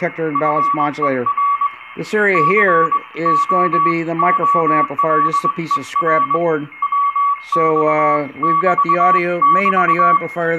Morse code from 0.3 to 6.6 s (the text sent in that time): FER COOLER